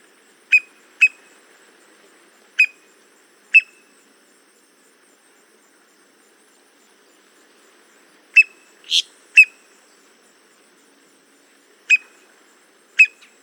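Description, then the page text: Boat-tailed grackle calls: sharp, clipped notes given singly or in pairs, spaced irregularly over a quiet background, with one harsher note in the second half. "Paul Marvin - Лодкохвостый гракл (Quiscalus major)"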